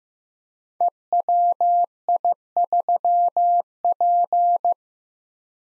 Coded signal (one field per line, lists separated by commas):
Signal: Morse code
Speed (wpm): 15 wpm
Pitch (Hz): 700 Hz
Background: none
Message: EWI3P